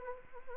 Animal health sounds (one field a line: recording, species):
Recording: mosquito wingbeat signal from an infrared sensor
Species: Anopheles arabiensis